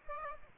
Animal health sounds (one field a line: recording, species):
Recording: mosquito wingbeat signal from an infrared sensor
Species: Aedes aegypti